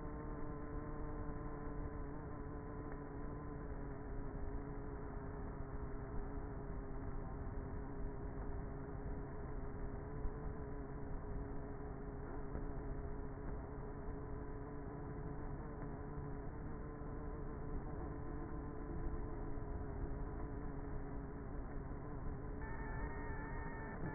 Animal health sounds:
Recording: honeybee colony, microphone inside the hive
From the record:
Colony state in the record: queenless with a low population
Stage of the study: before two queens were removed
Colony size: about 30,000 bees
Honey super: no

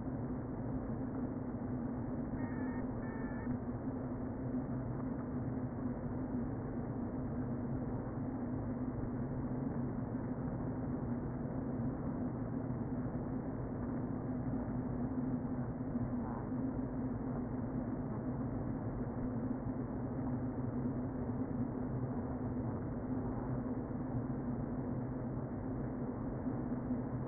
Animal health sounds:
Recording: honeybee colony, microphone inside the hive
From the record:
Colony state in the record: queen present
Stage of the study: before two queens were removed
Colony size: about 60,000 bees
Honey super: yes

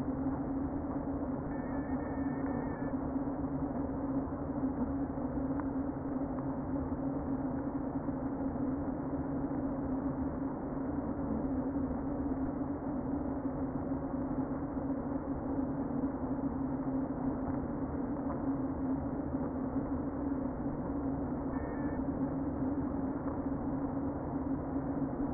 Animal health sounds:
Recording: honeybee colony, microphone inside the hive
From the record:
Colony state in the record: queen present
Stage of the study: before two queens were removed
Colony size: about 60,000 bees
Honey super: yes

